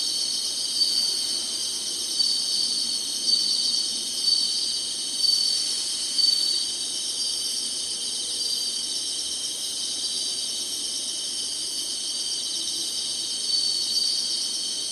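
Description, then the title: Insects keep up an unbroken shrill chorus, high and buzzy, with slight pulses in loudness roughly every second early on. Singing, in summer. "SINGING INSECTS SUMMER"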